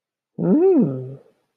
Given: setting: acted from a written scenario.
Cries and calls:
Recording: vocal sound without words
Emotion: desire

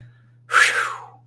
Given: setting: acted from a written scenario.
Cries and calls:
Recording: vocal sound without words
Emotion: relief

